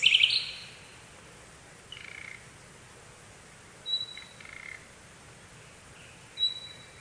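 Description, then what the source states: Birds calling: a sharp high chirp opens, followed by short scattered whistles and soft chirps spaced throughout over constant hiss. Birds singing in the morning.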